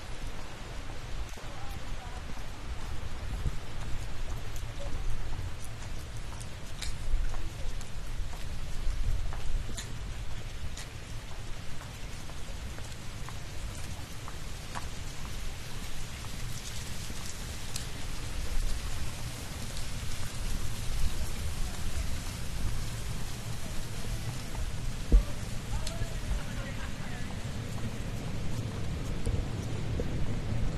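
Walking down near a shrine in steady rain, with a dense, even patter over a low rumble and scattered sharp drips and taps throughout.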